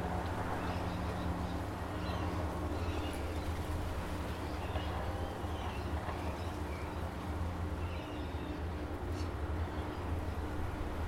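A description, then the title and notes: An outdoor scene overlooking Tamarama Beach near Bondi, Sydney, with a steady, dense low rumble that sounds like traffic or machinery humming throughout. Faint chirps and brief bright ticks rise above it now and then, with a short sharp sound near nine seconds. Overlooking Tamarama Beach, Bondi, Sydney,. This recording comes from outside the building we stayed in overlooking the beautiful Tamarama Beach, which neighbors the well-known Bondi Beach outside of Sydney.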